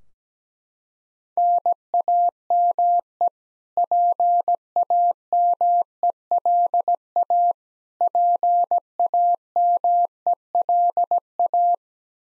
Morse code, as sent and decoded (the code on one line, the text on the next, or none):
-. .- -- . / .--. .- -- . .-.. .- / .--. .- -- . .-.. .-
NAME PAMELA PAMELA